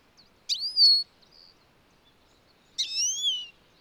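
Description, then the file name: European goldfinch giving two drawn-out, slurred whistled calls, the second wavering downward, separated by a pause. "Carduelis carduelis"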